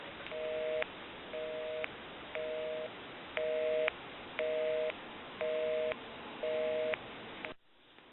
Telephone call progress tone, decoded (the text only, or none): busy tone